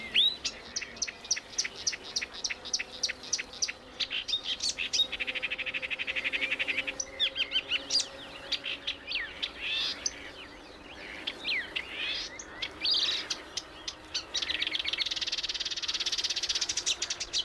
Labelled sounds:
Marsh Warbler (Acrocephalus palustris) song
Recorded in the wild
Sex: male
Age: adult
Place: Berlin, OT Karow, Berlin, DE
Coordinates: 52.6228, 13.4597
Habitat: ponds
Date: 1988-05-29 10:52
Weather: sunny, 20-26°C
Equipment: Nagra SN (Automatik), Kopie Tesla B 116
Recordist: Tembrock, Günter

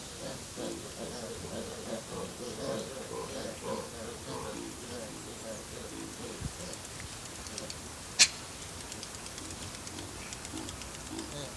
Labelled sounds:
Hamadryas Baboon (Papio hamadryas)
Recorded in captivity
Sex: group
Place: Zoo Berlin, Berlin, DE
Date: 2003-09-26 18:15
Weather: heiter, 16-17°C
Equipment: Fair Mate ST-1328 (Asahi Electronics, Japan), Sennheiser ME 80, Kopie Uher 4000 Report Monitor
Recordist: Tembrock, Günter
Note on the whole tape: Gruppe in "Schlafhöhle": Laute

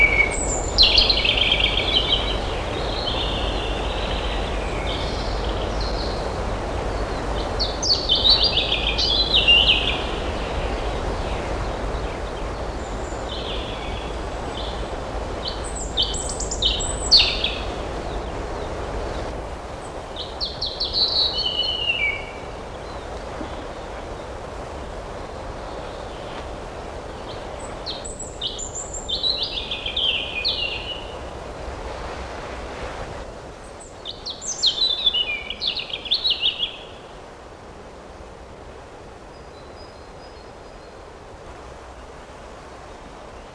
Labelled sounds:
European Robin (Erithacus rubecula)
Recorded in the wild
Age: adult
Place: Göhrde, Niedersachsen, DE
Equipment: Halbspur, 9,5 cm/s
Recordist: Lütgens, Hans
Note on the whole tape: Gesang und eine Fitisimitation

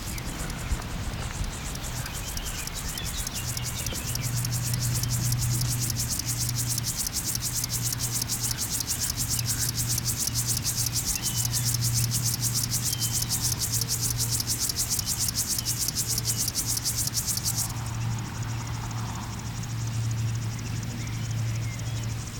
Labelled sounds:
Upland Field Grasshopper (Chorthippus apricarius) stridulation
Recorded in the wild
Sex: male
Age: imago
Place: Botanische Anlage Blankenfelde, Berlin, DE
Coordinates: 52.603, 13.4
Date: 1993-07-03 11:34
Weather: 20-2 °C, sonnig, diesig, böiger Wind
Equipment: Marantz CP 430, Sennheiser ME 80, Kopie Uher Variocord 263
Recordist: Tembrock, Günter

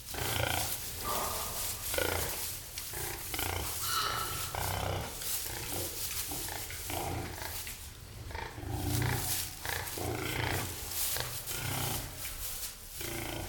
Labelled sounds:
Red River Hog (Potamochoerus porcus)
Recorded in captivity
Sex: pair
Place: Zoo Berlin, Berlin, DE
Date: 1996-04-06 18:00
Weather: heiter, 14°C
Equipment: Sony MD-WM MZ-R3, Sennheiser MKH 416 T, Kopie Uher 4000 Report Monitor
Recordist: Tembrock, Günter

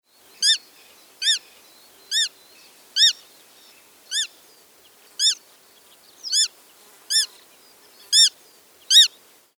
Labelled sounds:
Black-tailed Godwit (Limosa limosa)
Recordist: Tembrock, Günter
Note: Erregungsrufe

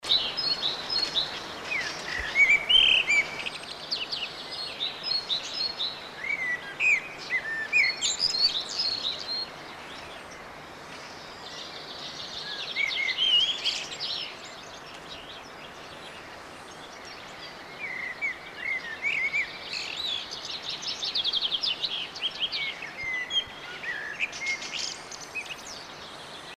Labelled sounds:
Common Blackbird (Turdus merula) song, Great Tit (Parus major), Fieldfare (Turdus pilaris), Common Chaffinch (Fringilla coelebs)
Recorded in the wild
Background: Parus major, Turdus pilaris, Fringilla coelebs
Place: Grindelwald, Bern, CH
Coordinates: 46.6372, 8.04417
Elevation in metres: 1351
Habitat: mountains
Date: 1979-06-07
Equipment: Uher 4000 Report, Sennheiser MKH 815 T
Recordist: Tretzel, Erwin
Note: Oben an der Hütte beim Abstieg vom Oberhaus, Grindelwald

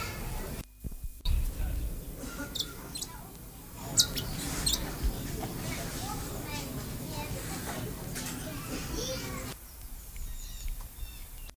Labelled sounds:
Bourke's Parrot (Neopsephotus bourkii) call
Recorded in captivity
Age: adult
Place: Tierpark Berlin, Berlin, DE
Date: 2002-03-17 16:48
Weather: sunny, 14°C
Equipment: Sony WM-D6C, Sennheiser MKH 416, Kopie Uher 4000 Report Monitor
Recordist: Tembrock, Günter
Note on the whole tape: Diverse Lautformen (Entfernung: 2 m)

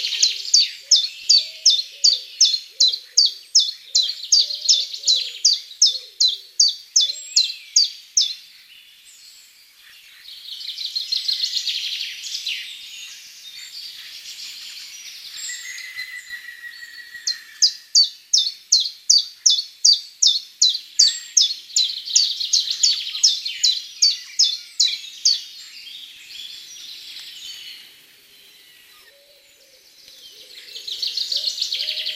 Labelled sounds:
Common Chiffchaff (Phylloscopus collybita) song
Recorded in the wild
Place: Lilienhof / Kaiserstuhl, Baden-Württemberg, DE
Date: 2003-03-29
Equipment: MiniDisc Sharp MT 20 H, Sennheiser MKH 816
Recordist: Schwarz, Dieter

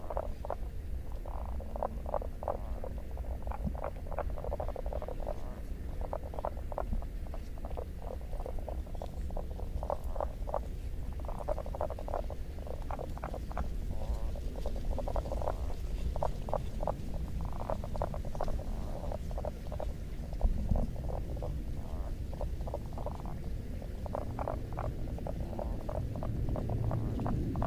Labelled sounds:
Common Spadefoot (Pelobates fuscus) call
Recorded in the wild
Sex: male
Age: adult
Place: Hobrechtsfelder Rieselfelder, Naturpark Barnim, Berlin, DE
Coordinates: 52.667, 13.473
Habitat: lake
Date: 2012-04-25 21:10
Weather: air 10 °C, water 10 °C, sunny, weak winds
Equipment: Sound Devices 702, Sennheiser MKH 415 T, Rhode Windschutz
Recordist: Frommolt, Karl-Heinz
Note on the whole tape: Flachgewässer neben der Pumpstation in Hobrechtsfelder Rieselfelder: Rufe von Knoblauchkröten, aufgenommen außerhalb des Gewässers

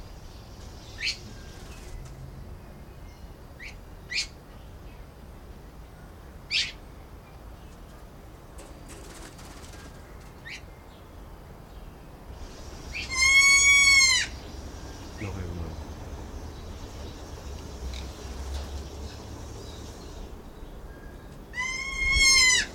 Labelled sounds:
Kea (Nestor notabilis) call
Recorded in captivity
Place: Zoo Berlin, Berlin, DE
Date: 1992-10-24 12:30
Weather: bedeckt, 4-6°C
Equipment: Marantz CP 430, Sennheiser ME 80, Kopie Tesla B 116
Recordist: Tembrock, Günter

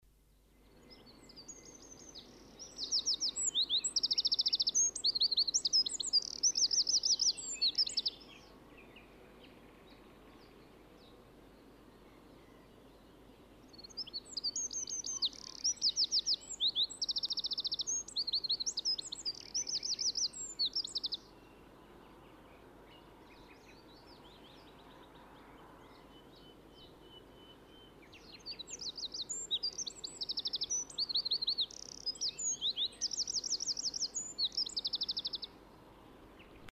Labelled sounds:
Eurasian Wren (Troglodytes troglodytes) song
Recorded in the wild
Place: Kaiserslautern, Rheinland-Pfalz, DE
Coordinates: 49.4284, 7.7788
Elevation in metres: 279
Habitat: garden
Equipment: Nagra IV, Sennheiser MKH 405, Parabolreflektor
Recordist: Tretzel, Erwin
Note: Aufnahme Anfang Mai 1976, Garten, Kaiserslautern: Gesang

